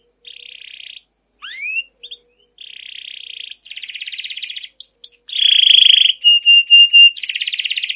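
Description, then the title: Canary song in varied phrases: buzzy trills, quick rising whistled slurs, a harsh rasping burst, then steady pure whistled notes and a rapid rolling trill. Long trilling rolling (ngerol) song of a canary in full song (gacor), a master recording used as a lure to prompt other canaries to sing. "CUIT CUIT NGEROL LANGSUNG GACOR PANJANG Kenari Ini AMPUH Utk Pancingan KENAR. Masteran Suara Burung Kenari Gacor Panjang cuit cuit Ngerol untuk Pancingan Kenari!"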